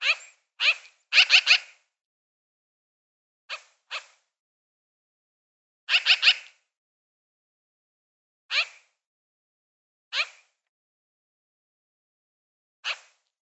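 Magpie making harsh, scratchy chirps, some single and some in quick triplets, spaced irregularly throughout against a silent background.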